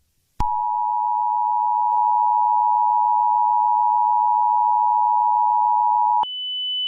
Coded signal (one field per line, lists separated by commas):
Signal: Emergency Alert System (SAME) tones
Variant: 853 and 960 Hz attention tone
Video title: EAS Scenario 14: Evil Turtle Attack